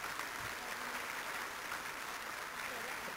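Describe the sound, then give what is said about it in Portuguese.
An audience at a spiritist culture conference claps steadily for its president, a dense, even wash of applause that holds at a constant level for a few seconds with no voices rising above it. “Nosso Presidente também, muitas palmas.”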